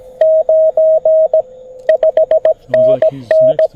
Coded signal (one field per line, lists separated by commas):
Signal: Morse code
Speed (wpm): 17 wpm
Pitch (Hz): 640 Hz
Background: radio noise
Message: 9 5NN